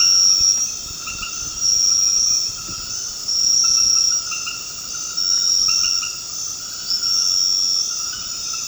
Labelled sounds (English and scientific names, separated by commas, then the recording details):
none
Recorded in dense forest near Puerto Asís, Putumayo, Colombia, on 9 March 2025 at 22:00
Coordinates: 0.486, -76.317
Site G053